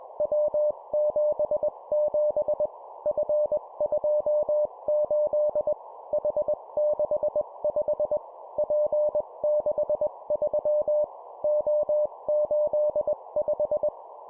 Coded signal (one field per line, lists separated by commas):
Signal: Morse code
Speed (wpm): 21 wpm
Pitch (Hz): 600 Hz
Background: none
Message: W77 F28 H65 P63 O85